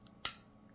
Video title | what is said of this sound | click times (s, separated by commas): Unboxing Damascus Camel Bone Lock Back Round 2! | You can see that spring coming out, and it's got a nice click | 0.2 s